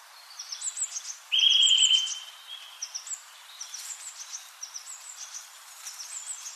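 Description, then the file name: Eurasian nuthatch giving a single fast, even trill of piping notes lasting under a second, with many faint high chirps from other birds throughout. "Sitta europaea"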